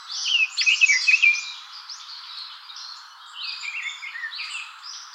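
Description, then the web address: Bird calls in quick, scratchy high bursts, loudest in the first second and a half, then softer twittering under steady background hiss. "birdenaga sousityou"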